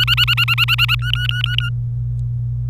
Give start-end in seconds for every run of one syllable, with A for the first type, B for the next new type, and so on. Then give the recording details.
0.00-0.95 A, 0.99-1.70 B. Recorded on 25 April 2018 at 14:01. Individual llb3